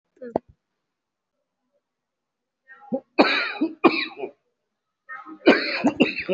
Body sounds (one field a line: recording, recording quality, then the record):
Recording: heavy voluntary cough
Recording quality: excellent, no background noise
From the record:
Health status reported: respiratory illness, not identified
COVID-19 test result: not tested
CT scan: not taken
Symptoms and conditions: cough, cold, breathing difficulty, sore throat, fatigue, chronic lung disease, pneumonia, another condition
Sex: male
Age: 62 years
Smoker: yes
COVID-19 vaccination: both doses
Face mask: worn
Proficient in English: no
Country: India